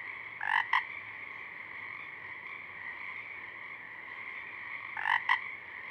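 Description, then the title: Pacific chorus frog two-note croaking calls, one pair near the start and another near the end, over a steady, continuous frog chorus. A few Pacific chorus frogs singing at dusk; recorded through a parabolic reflector, simultaneously with a double mid-side rig 50 feet away. "Pacific Chorus Frogs (Pseudacris regilla), dusk, Parabolic"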